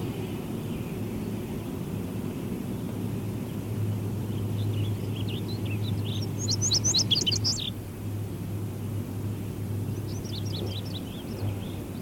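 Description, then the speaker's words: Indigo Bunting song: a quick burst of high, sharp notes, then a shorter similar phrase a few seconds later, over a steady low mechanical drone. Singing from a low perch in blackberry bushes south of a gravel road, Bloomberg Park, southeast Eugene, just north of Lane Community College; Wednesday 8 June 1994, about 8:30 a.m.; chainsaw in background. "You can hear the indigo bunting here again."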